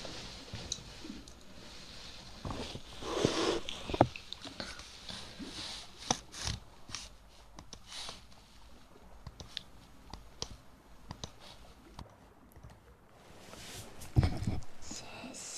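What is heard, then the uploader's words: Mouth sounds: wet clicks, smacks and squishy noises come in irregular bursts, with denser, louder clusters around four seconds and again near fourteen seconds. Between them the sound thins to scattered sharp ticks and soft breathy hiss. Mouth Sounds.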